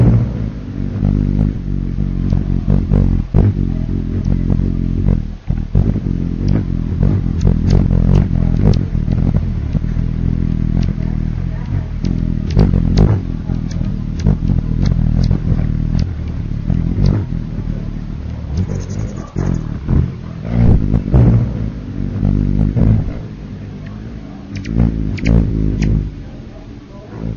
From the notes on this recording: hummingbird wings with Theta waves 4-8 Hz